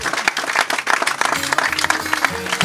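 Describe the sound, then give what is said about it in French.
An audience applauding a band, a dense wash of many hands clapping with scattered sharper claps standing out, fairly loud and continuous throughout, with faint tonal traces underneath. “Voilà, vous pouvez les applaudir.”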